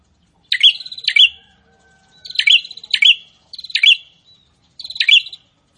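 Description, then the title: Prinia singing buzzy chattering phrases, each closing with a bright accented note, delivered in quick bursts with short gaps. Prinia singing continuously (prenjak gacor), presented to make listeners' own prinias more aggressive and vocal. "Prenjak gacor ISTIMEWA bikin prenjak ANDA semakin GANAS dan GACOR"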